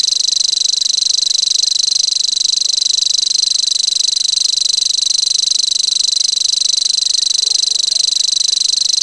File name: grasshopper warbler omkicau